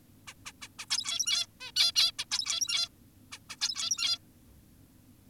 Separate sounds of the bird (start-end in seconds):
0.28-0.34, 0.46-0.52, 0.62-0.68, 0.79-0.86, 0.90-1.46, 1.61-1.72, 1.76-1.92, 1.96-2.12, 2.19-2.26, 2.31-2.89, 3.32-3.39, 3.50-3.56, 3.61-4.18